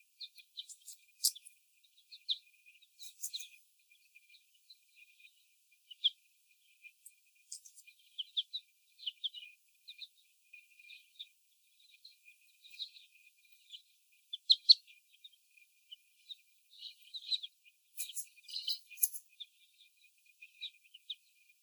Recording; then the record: young laying hens in a cage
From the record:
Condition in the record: before the stressor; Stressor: sudden umbrella opening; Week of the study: 1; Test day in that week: 1